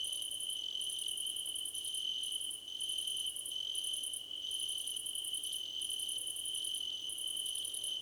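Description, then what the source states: Crickets chirping in a dense chorus: a steady high trill runs throughout, overlaid by pulsed chirp bursts lasting about a second, separated by brief gaps. Crickets in a choir competition.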